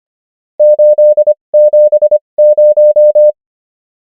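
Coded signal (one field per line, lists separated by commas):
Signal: Morse code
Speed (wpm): 25 wpm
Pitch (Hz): 600 Hz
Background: none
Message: 870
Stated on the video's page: Morse practice of numbers at 25 wpm character speed and 21 wpm word speed, Farnsworth spacing.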